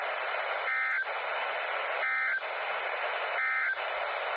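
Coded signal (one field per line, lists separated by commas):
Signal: Emergency Alert System (SAME) tones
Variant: end-of-message bursts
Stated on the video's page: Laggy Severe Thunderstorm Warning relayed by KWO37 while on backup power.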